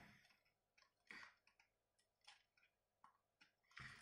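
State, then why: Not seated. A plastic part of an Acid Rain World Rust Stronghold 1:18 scale transforming mech toy is pressed toward its locked position, producing only faint taps and rubbing around 1.1, 2.3, 3.0 and 3.8 seconds. It feels like it will break, and the part has not clicked into place yet.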